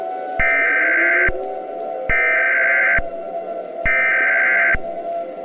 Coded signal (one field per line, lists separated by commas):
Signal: Emergency Alert System (SAME) tones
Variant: header bursts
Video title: EAS Scenario #33 Halloween Remaster (18+) CONTAINS JUMPSCARES